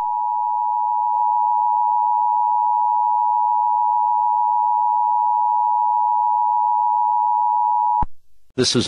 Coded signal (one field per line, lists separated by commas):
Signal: Emergency Alert System (SAME) tones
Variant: 853 and 960 Hz attention tone